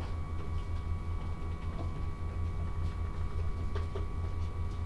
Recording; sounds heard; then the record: poultry house recording; no chicken sound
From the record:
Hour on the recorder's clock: 12